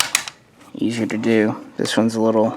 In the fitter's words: it's a little smoother a little clicker